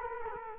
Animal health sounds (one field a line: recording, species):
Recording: mosquito wingbeat signal from an infrared sensor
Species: Culex quinquefasciatus